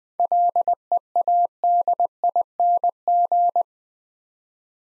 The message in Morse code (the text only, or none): LEADING